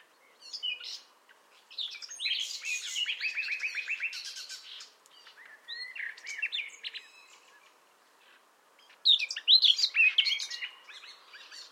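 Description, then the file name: Common nightingale song in short bursts, a fast run of repeated notes then scratchy and whistled phrases, separated by pauses, with a faint hiss behind. "Luscinia megarhynchos"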